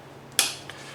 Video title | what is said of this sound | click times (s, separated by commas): VLOG 574: installing air filled tires! (instead of foam) | sometimes one of them will clip in yeah bottom one clipped in but the other two didn't so you have to reach in there with your finger | 0.4 s